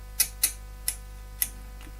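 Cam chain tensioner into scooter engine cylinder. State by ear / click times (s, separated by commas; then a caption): seated / 0.2 s, 0.4 s, 0.9 s, 1.4 s. The metal ratchet of a cam chain tensioner from a Kymco GY6 scooter engine gives four sharp ticks at 0.2, 0.4, 0.9 and 1.4 seconds as it is pushed into the cylinder, with a faint softer tick near 1.8 seconds. A steady low hum runs underneath the whole time. The tensioner ratchets in and is seated.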